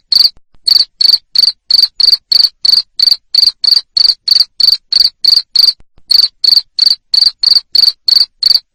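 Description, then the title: Cricket producing regular shrill chirps, around three per second, with short pauses near the start and middle. Loud cricket chirping played to stimulate lovebirds to keep singing (ngekek). "Suara JANGKRIK NGERIK Keras Bikin LOVEBIRD Jadi NGEKEK Terus Vubey"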